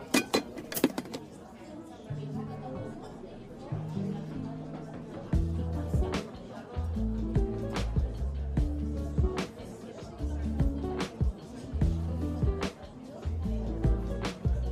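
Coffee shop ambience: a steady murmur of talk under a low, stepping bass line from music that shifts pitch every second or so. Sharp clinks and clacks, like cups and dishes, cut through at irregular moments, clustered near the start and recurring throughout.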